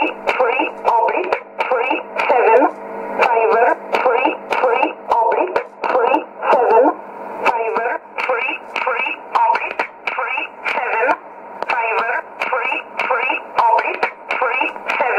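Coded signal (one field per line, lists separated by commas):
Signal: numbers station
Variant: E11 Oblique, English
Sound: short evenly spaced spoken words, about 20, in a narrow radio voice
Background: radio static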